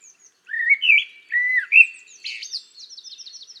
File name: Turdus merula